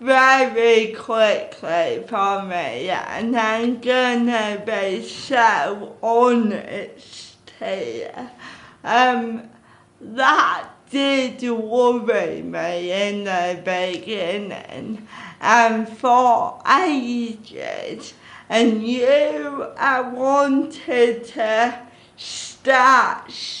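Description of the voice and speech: An adult woman who grew up with cerebral palsy speaks slowly and effortfully, with drawn-out sounds and long pauses, typical of dysarthria from cerebral palsy.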